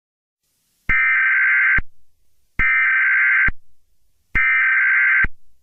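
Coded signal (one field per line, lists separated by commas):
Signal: Emergency Alert System (SAME) tones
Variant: header bursts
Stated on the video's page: Simulated EAS scenario depicting an attack on New Orleans.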